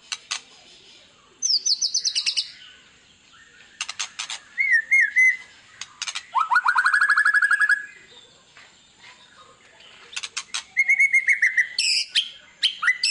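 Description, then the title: White-rumped shama: varied bird song with fast high trills, short whistled phrases, a rising rattling series and harsh buzzy bursts, in bouts separated by brief silences. Lure song of a white-rumped shama, meant to make other birds respond; described as gacor, singing persistently. "PANCINGAN MEWAH MURAI BATU GACOR, SEKALI DENGAR AMPUH LANGSUNG RESPON"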